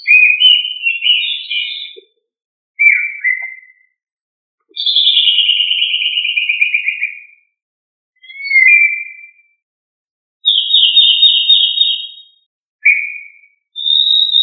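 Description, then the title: Thrush song of varied fluty whistles, some trilled and warbling, others short and slurred, delivered in phrases with brief gaps. "Familia Turdidae - Sabia"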